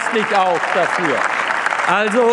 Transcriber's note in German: Beifall bei der SPD, der Linken und dem BSW sowie bei Abgeordneten des BÜNDNISSES 90/DIE GRÜNEN